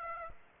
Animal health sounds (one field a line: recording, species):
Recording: mosquito wingbeat signal from an infrared sensor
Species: Aedes aegypti